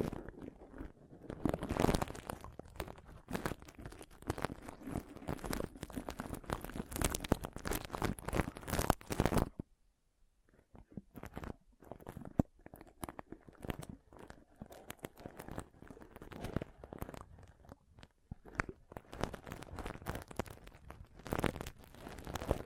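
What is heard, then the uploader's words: Soft pom poms rustle and crinkle in dense, quick scratchy bursts, pausing briefly near ten seconds before the fluffy crunching resumes more sparsely. ASMR Ultimate Pom Pom Tingles (No Talking).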